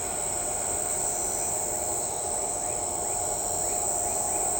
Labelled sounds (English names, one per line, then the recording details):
none
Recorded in shrubland near Pivijay, Magdalena, Colombia, on 18 April 2023 at 05:00
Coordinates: 10.453, -74.365
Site P5-G022